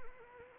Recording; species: mosquito wingbeat signal from an infrared sensor; Anopheles arabiensis